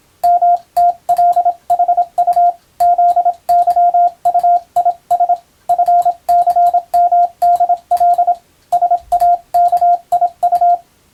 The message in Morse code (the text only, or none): MTLHU ZYUIS FCMDL SAKIU